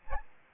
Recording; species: mosquito wingbeat signal from an infrared sensor; Aedes albopictus